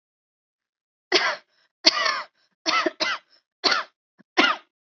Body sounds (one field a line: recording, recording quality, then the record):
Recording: heavy voluntary cough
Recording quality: excellent, no background noise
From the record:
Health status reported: respiratory illness, not identified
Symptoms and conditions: none ticked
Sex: female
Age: 22 years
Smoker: not ticked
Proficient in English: yes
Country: India